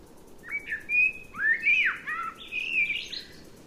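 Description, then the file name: Eurasian blackbird song, a run of clear fluting whistles and warbled phrases rising and falling, several notes in quick succession over a faint low background hum. "Turdus merula"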